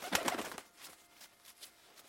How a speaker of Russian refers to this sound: Вдруг, откуда ни возьмись, прилетела сизая горлица.